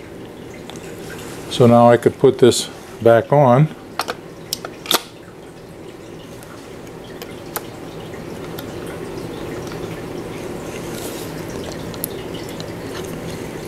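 Someone talks briefly while handling a 35mm panoramic film adapter for refitting into a Pentax 6x7 medium-format camera body. Several short knocks and taps follow, then quiet handling noise. Nothing has seated or clicked yet.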